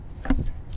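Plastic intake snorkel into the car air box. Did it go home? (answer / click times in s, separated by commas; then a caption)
yes / 0.2 s. A plastic intake snorkel is wiggled down into its mount on the air box of a 2012 VW MK6 Golf TDI until it snaps into place. A sharp snap is heard at 0.3 s (about 0.25 s), followed by a louder, low knock at 0.3 s and a fainter tap near 0.7 s. The snorkel is seated in the air box.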